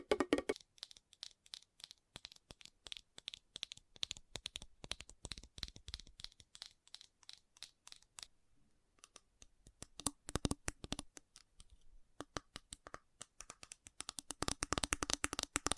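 Fast tapping in dense, crisp clicks, each one sharp and bright with a papery, crinkly edge. The taps run in quick bursts, thin out to a near pause around eight to nine seconds, then return in uneven clusters and speed up again toward the end.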